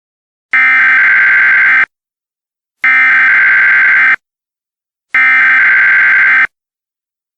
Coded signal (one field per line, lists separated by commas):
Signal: Emergency Alert System (SAME) tones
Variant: header bursts